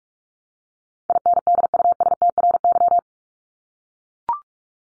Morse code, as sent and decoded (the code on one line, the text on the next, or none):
.. -. -.. ..- ... - .-. -.--
INDUSTRY